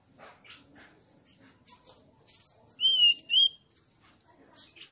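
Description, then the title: Oriental magpie-robin song, two loud ringing whistles in the middle, surrounded by faint scattered chirps and clicks. Female song, used to provoke a male that has stopped singing into singing and fighting. "Suara kacer betinamemancing kacer jantan yg macet bunyi"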